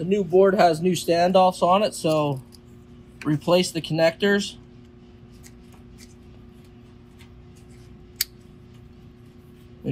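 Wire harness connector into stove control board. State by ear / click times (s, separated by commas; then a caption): seated / 8.2 s. Someone talks while wire harness connectors are pushed onto a replacement stove control board that has new standoffs. After a quiet stretch of faint handling, one sharp click at 8.2 s marks a connector snapping into place, seated on the board.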